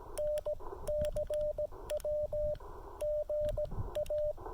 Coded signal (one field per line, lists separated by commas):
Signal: Morse code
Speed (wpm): 17 wpm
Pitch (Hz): 600 Hz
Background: radio noise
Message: N CW GA